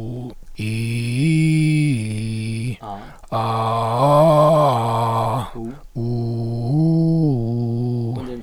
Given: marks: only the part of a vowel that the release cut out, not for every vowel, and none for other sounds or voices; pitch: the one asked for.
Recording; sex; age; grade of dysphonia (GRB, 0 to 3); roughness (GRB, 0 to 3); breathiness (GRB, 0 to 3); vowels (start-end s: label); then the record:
sustained vowels; male; 50 to 59 years; 3; 3; 1
0.80-2.36 s: vowel /i/, low-high-low pitch
3.49-5.22 s: vowel /a/, low-high-low pitch
6.11-8.00 s: vowel /u/, low-high-low pitch
From the record:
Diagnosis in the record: dysphonia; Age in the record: 50 years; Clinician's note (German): Ponogen